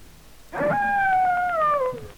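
A single long wolf howl rises in abruptly, holds a steady, clear tone with ringing overtones, then slowly slides downward in pitch as it fades out.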